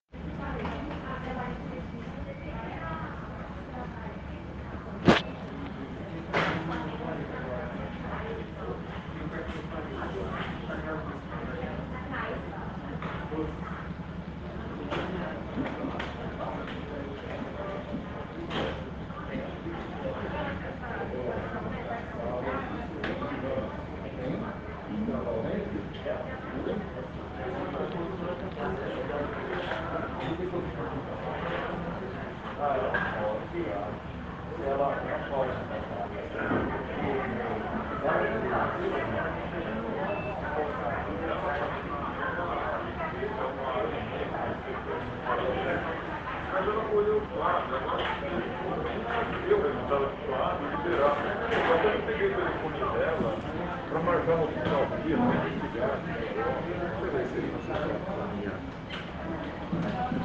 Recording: hospital ward noise